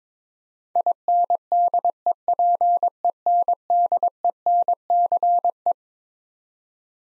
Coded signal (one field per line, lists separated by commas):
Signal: Morse code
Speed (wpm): 22 wpm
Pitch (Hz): 700 Hz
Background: none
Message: INDEPENDENCE